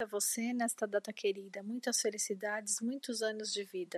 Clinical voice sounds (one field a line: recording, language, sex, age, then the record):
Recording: short text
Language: Brazilian Portuguese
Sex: female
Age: 50 to 59 years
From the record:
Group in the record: control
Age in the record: 50 years